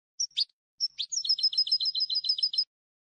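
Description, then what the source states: European goldfinch singing: two short high notes with a pause, then a quick rattling series of bright twittered syllables for about one and a half seconds, no other sounds. Clean goldfinch song from a CD, for copying in song training.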